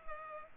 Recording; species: mosquito wingbeat signal from an infrared sensor; Culex pipiens